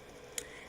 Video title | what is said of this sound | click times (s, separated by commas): Kenmore 600 series washer"Broken lid detector fix" | heard the click and it started to spin so that showed me that the part was functioning it was just broken so | 0.4 s